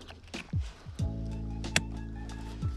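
On a Genesis Coupe, a throttle controller plug is pushed into the original accelerator pedal harness connector. Soft knocks and rustles at 0.1, 0.3 and 1.0 s sit under a steady harmonic hum, then a sharp, bright click rings out at 1.8 s. The connector seats with that click.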